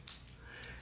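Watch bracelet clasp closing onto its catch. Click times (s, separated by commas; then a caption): 0.1 s. The fold-over clasp of a metal bracelet watch is pushed down and closes onto its catch with a sharp, bright click at 0.1 s, followed by fainter ticks at 0.3 s and 0.6 s. The clasp is shut and the watch is good to go.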